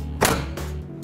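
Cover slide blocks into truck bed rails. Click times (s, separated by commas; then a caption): 0.2 s. The slide blocks under the front of a Truxedo Lo Pro roll-up tonneau cover are pushed over into the truck bed rails. A sharp click at 0.3 s marks them engaging and seating in the rail, followed by a softer, longer sound around 0.6 s.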